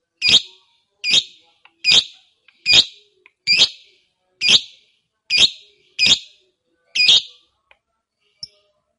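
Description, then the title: Lovebird calls, a series of nine sharp, harsh chirps spaced a little under a second apart, then quiet. Fighter lovebird, singing energetically (gacor). "Berkat SUARA Lovebird FIGHTER GACOR Ini"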